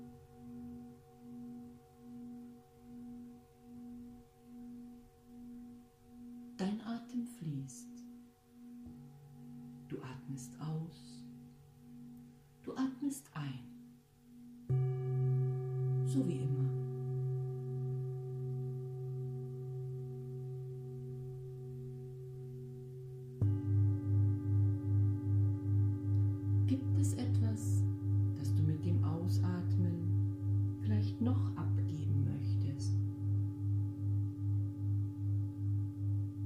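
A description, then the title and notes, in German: Singing bowls ring with steady, shimmering tones that pulse gently as they sustain. New bowls are struck around 9, 15 and 23 seconds, each adding a louder, lower hum. Brief bursts of speech come and go over the ringing, busiest after 25 seconds. Das Gesunde in mir mit Klangschalen stärken.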